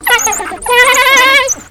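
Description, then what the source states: African wild dog whining: two drawn-out, tonal, nasal whines, the first short and wavering, the second longer and steadier. Wild dogs whining in a zoo habitat.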